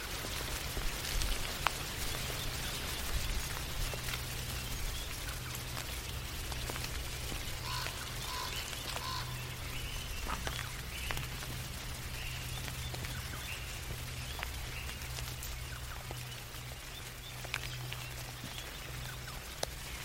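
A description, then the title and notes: Raindrops fall on a tree in a steady, dense patter, with sharp individual drips landing irregularly across the whole clip. A low, constant hum runs underneath, and faint high bird-like calls appear briefly around the middle. Mystic forest asmr ambience. Birds/insects. Raindrops on tree.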